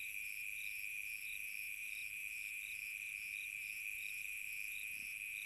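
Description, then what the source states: Crickets chirping steadily, a constant shrill trill with regular pulsed chirps, no other clear sounds. Recorded on a summer night.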